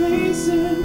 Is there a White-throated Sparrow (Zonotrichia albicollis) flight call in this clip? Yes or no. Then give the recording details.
no. No flight call is heard. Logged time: 01:36 on 4 September 2014